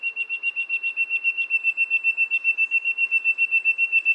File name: Golosa ptic - Pyatnistyj cvetnoj flejtist Ptilorrhoa leucosticta